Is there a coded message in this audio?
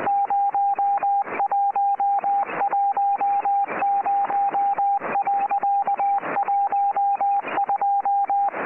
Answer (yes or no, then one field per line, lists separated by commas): yes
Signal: Morse code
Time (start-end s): 0.1-8.5 s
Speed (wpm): 20 wpm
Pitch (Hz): 800 Hz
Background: music, radio noise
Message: 0110.12